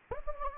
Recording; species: mosquito wingbeat signal from an infrared sensor; Anopheles gambiae